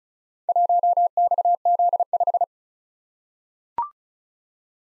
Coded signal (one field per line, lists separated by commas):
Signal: Morse code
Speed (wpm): 36 wpm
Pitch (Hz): 700 Hz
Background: none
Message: 1XZ5